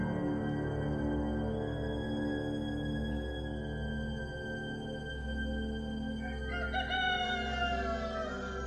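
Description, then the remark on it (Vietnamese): A rooster crows in a village at nearly 4 a.m. over a steady, humming harmonic drone, with a brighter wavering crow rising and falling toward the end. No one speaks. “Gần 4 giờ sáng, tiếng gà gáy khắp các ngõ ngách trong làng đoại.”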